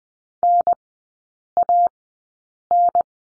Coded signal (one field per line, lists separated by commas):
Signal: Morse code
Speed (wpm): 20 wpm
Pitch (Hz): 700 Hz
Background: none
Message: NAN